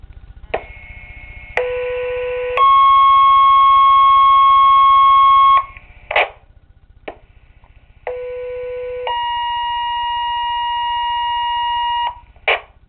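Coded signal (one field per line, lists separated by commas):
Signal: two-tone page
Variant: Motorola Minitor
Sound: two two-tone pages, each a 1 s low tone then a 3 s higher tone, with brief bursts after each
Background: radio hum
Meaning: Each two-tone sequence activates a fire company's pagers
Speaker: County units the monthly sir test for the month of December will now begin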